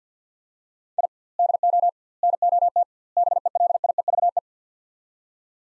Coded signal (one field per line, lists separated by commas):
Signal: Morse code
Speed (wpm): 50 wpm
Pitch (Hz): 700 Hz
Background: none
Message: I DO NOT BELIEVE